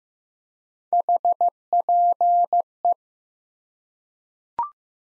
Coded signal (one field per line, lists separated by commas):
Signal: Morse code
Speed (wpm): 15 wpm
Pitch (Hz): 700 Hz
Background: none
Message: HPE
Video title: Top 180 QSO Elements 15wpm